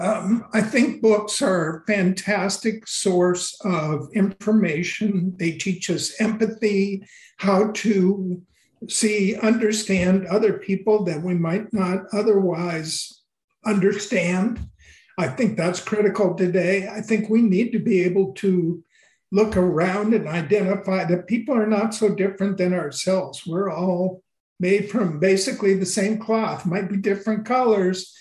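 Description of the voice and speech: Adult man speaking in a conversational monologue, his voice wavering with an essential tremor that he describes as an audible handicap.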